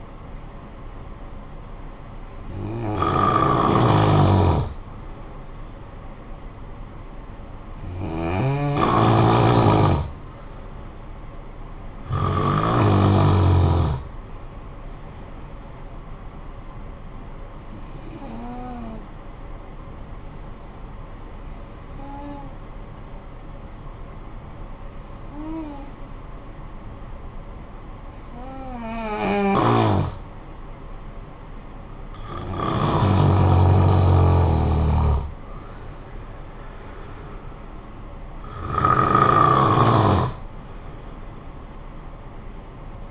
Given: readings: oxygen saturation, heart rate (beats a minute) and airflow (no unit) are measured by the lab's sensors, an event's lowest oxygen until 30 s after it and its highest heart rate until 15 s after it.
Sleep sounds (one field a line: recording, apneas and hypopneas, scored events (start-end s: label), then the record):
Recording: breathing in sleep by a smartphone at the bedside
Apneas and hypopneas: 1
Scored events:
18.00-32.60 s: hypopnea (N2, oxygen 94% highest, then 87% lowest, heart rate 52 at the start, 66 highest)
From the record:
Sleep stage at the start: N2 (light sleep)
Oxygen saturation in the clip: 89 to 94%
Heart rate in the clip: 51 to 66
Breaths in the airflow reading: 9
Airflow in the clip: -8.2 to 5.3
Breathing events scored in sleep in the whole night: 445 in 7.6 hours asleep